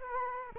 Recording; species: mosquito wingbeat signal from an infrared sensor; Culex quinquefasciatus